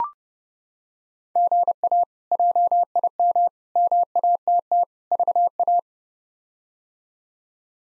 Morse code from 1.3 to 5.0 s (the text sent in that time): GA JIM MATT